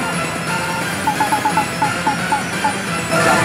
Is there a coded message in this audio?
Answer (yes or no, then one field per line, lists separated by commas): no